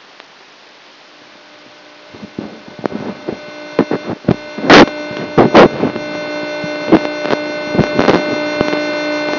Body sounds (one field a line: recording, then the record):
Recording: brain microelectrode recording played as sound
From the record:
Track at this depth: inside the subthalamic nucleus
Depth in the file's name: 0.01 mm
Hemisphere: right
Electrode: 3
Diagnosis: Parkinson's disease